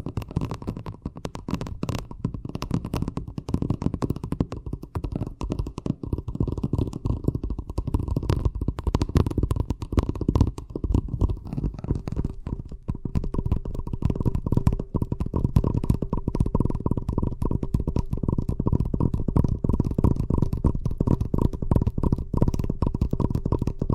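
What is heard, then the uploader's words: Fast tapping runs through the whole clip as a dense, rapid stream of short, thudding hits, mostly low and dull with little brightness. The pace stays quick and fairly even, growing slightly louder and busier after about twelve seconds. ASMR Braingasm Inducing Fast Tapping (No Talking).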